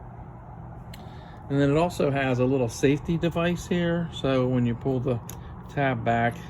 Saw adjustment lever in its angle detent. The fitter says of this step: And then just release it to set it into the position that you want to lock it into.